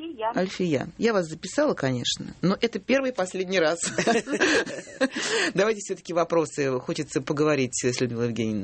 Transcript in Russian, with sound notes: Альфия, я вас записала, конечно, но это первый и последний раз. (все смеются) Давайте, все-таки, вопросы – хочется поговорить с Людмилой Евгеньевной.